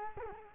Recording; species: mosquito wingbeat signal from an infrared sensor; Culex quinquefasciatus